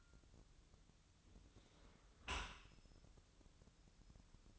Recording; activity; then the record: daily activity, microphone in the room; close dishwasher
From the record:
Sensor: 3